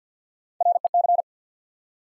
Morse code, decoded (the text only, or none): REC